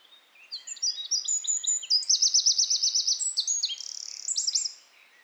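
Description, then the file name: Eurasian wren song: a loud, rapid run of high, sharp notes and rattling trills lasting about four seconds, with a fast pulsed middle section. "Troglodytes troglodytes"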